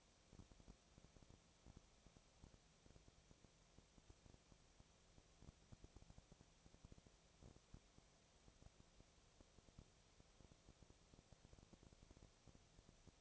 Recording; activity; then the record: daily activity, microphone in the room; no activity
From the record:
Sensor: 1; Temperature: 19.6 degrees Celsius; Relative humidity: 36.4%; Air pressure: 997.0 hPa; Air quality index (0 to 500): 204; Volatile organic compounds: 127 ppm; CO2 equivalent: 3912 ppm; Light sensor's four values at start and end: 1/2/1/1 and 1/2/1/1